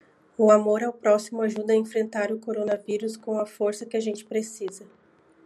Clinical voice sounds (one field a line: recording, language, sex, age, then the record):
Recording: spoken sentence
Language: Brazilian Portuguese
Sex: female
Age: 30 to 39 years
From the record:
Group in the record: control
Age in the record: 31 years